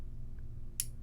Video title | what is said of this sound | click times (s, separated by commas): How to Clean Tippmann TMC Magazine - Maintenance | and if make sure you have it in there right if you wind it up you can hear that click | 0.8 s